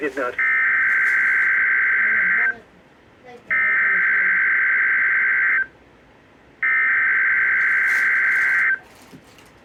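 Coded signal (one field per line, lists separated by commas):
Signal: Emergency Alert System (SAME) tones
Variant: header bursts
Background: speech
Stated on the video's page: Required weekly test on NOAA Weather Radio station.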